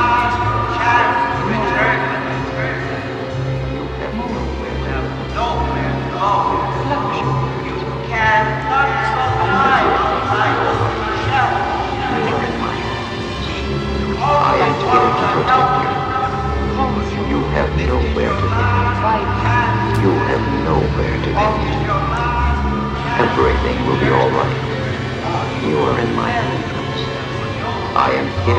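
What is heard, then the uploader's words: Murmur of many voices at the Duomo in Siena, overlapping speech forming a dense, steady chatter throughout. Individual voices rise briefly above the crowd now and then, over a constant low rumble, with no pauses and an even level. Duomo, Siena, Italy.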